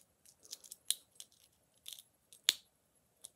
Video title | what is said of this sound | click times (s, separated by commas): Unlocking a diary without the keys | and don't you heard that click | 2.5 s